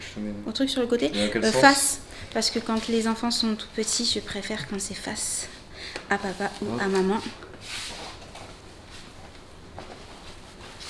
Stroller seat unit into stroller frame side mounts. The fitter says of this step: Donc ça doit se clipser, voilà, tout simplement.